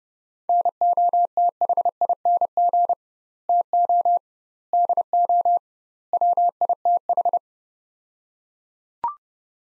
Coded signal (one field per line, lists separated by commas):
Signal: Morse code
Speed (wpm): 30 wpm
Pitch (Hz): 700 Hz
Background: none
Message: NOTHING TO DO WITH